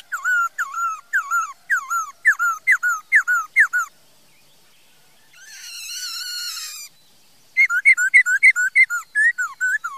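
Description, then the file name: Laughingthrush song of loud looping whistles in a rapid series, broken by a harsh rasping burst, then the whistled loops resume. "Tieng khuou hot"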